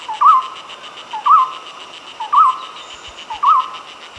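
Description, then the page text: Golden-throated barbet song, four mellow upward-twisting notes at an even one-second rhythm, with a continuous high hum behind. "Golden-Throated Barbet Song. Quick Sounds"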